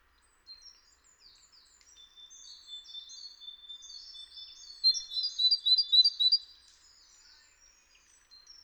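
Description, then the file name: Great tit calling softly: quiet high twittering that swells into a quick series of sharp chirps, then fades again. "Parus major"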